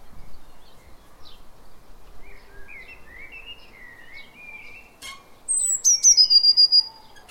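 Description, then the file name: Eurasian blue tit calls: soft twittering notes at first, then a loud quick series of high, thin whistles dropping in pitch toward the end. "Cyanistes caeruleus"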